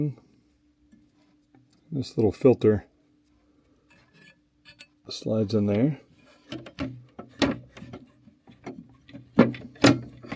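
A small plastic inlet filter with an O-ring is handled and slid toward the water inlet port of a Kohler digital thermostatic shower valve while someone talks. Light rubbing and several small knocks are heard, the sharpest near 7.4 s, but nothing has seated or clicked yet.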